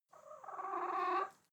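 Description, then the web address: Chicken giving one drawn-out, tonal, wavering call lasting just over a second, steady at first and then swelling slightly before fading. Hens crying. "hens crying. soundpool geraeusche natur-tiere huehner"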